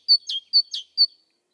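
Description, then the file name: Great tit song: two and a half quick two-note phrases, a high clear note dropping to a lower one, repeated briskly, then silence. "Parus major"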